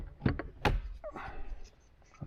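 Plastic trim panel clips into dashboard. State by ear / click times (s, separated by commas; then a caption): seated / 0.4 s, 0.7 s. A plastic dash trim panel on a 2009 Toyota Corolla is pressed back into place in the car interior, with a rustle of handling around it. Its retaining clips snap home with sharp clicks at 0.4 and 0.7 seconds, and the panel is seated.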